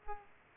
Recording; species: mosquito wingbeat signal from an infrared sensor; Aedes aegypti